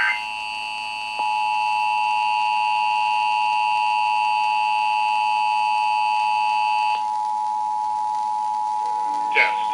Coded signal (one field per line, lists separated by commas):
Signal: Emergency Alert System (SAME) tones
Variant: 853 and 960 Hz attention tone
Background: speech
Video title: EAS: Pennsylvania Required Monthly Tests (and one RWT fail)(9/17/20)(EAS #476-484)